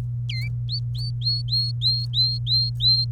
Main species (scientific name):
Serinus canaria